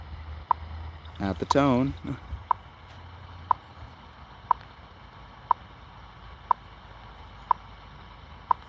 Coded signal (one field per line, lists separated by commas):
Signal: radio time signal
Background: speech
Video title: USAGM Is Gone On Shortwave. What's Left?